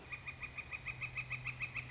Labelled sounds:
Northern Flicker (Colaptes auratus)
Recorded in Sonoma County, California

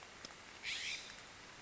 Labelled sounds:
California Scrub-Jay (Aphelocoma californica)
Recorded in Sonoma County, California

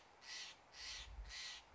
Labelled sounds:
Steller's Jay (Cyanocitta stelleri)
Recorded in Sonoma County, California

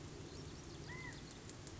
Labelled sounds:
California Quail (Callipepla californica)
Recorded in Sonoma County, California

